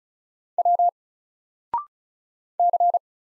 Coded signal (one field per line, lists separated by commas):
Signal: Morse code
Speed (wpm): 36 wpm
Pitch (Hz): 700 Hz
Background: none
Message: W C